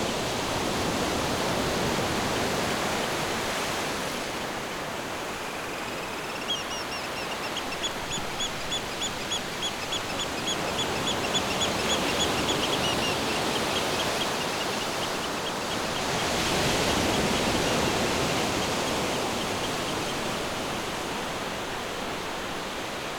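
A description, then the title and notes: Waves wash steadily at the beach in a dense, hissing roar that swells slightly around 2, 12 and 16 to 18 seconds. From about 6 to 13 seconds a bird gives a fast, regular string of high, thin chirps above the surf. Waves and Birds at the Beach Background Noise.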